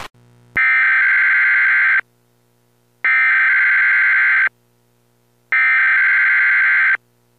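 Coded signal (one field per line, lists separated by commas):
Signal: Emergency Alert System (SAME) tones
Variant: header bursts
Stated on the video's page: A fictional depiction of a major national emergency alert.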